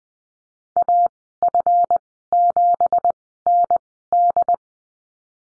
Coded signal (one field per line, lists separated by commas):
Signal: Morse code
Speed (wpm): 20 wpm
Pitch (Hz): 700 Hz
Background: none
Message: AF7ND